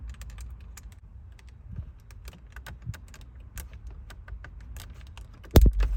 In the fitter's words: You hear the click?